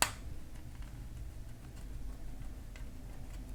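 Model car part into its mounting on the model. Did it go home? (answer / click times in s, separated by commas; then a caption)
no / none. A part of a 1:8 scale DeAgostini Lotus F1 model car kit is pushed into its mounting on the model during stages 3-4 of the build. A short sharp snap at the very start fades into low handling rumble with faint scattered ticks. The part has not clicked into place; it did not catch.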